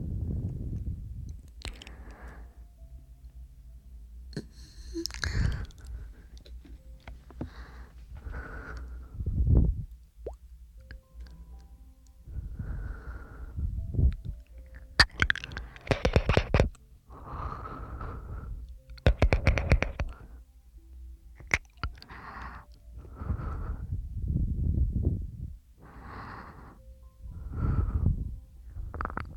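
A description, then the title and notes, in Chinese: Breathing sounds only: uneven breaths and puffs come every second or two, each with an airy hiss and a soft low thump. The breaths grow louder and more frequent around the middle, then settle again, over a faint low hum. 纯呼吸声asmr。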